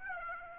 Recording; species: mosquito wingbeat signal from an infrared sensor; Aedes aegypti